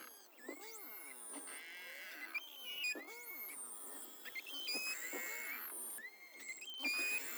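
Beluga whale squeals and whistles, richly layered upswept and arching tones overlapping in busy bursts, with high chirps and a few harsh pulsed notes between them.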